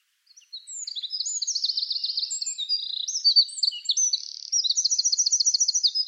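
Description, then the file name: Eurasian wren singing a long, vigorous, high run of chattering notes, shrill warbles and rapid rattling trills, ending in a fast, even trill. "Troglodytes troglodytes"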